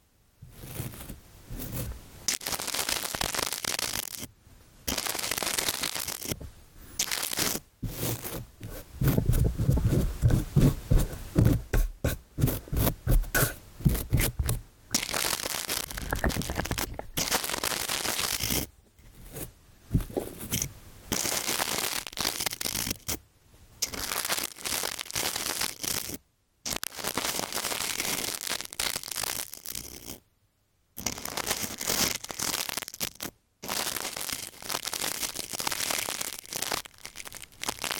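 Ear cleaning with tissue and brushing: dense, bright rustling and crinkling scratches in bursts, with a heavier, lower rubbing stretch around ten to fifteen seconds. Short silent gaps break the sound near 4, 19, 23, 26, 30 and 33 seconds.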